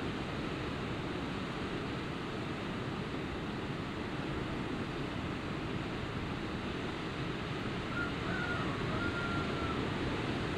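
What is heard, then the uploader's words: Ocean waves roar without pause, a thick, steady wash of surf with a deep rumbling underneath and a hissing top. The sound stays dense throughout, swelling slightly near the end, when a faint thin whistle briefly rises above it. The Pacific at Muxía Point. Waves pounding and pooling at the end of the world. Ambient sound recorded along del Norte, the northern coastal route of the Camino de Santiago network of pilgrimage paths converging in Spain. These tiny meditations are made with binaural microphones.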